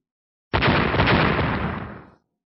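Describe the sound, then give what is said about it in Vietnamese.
A single loud, abrupt explosion bursts in with a sharp attack, then a dense, roaring rumble that slowly fades out over about a second and a half, with no voices. “Lại vang tiếng nổ điếc tai,”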